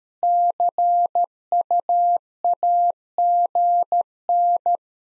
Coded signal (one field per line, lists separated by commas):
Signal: Morse code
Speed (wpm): 13 wpm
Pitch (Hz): 700 Hz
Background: none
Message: CUAGN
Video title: Practice QSO - Exchange 4- Ending - 13wpm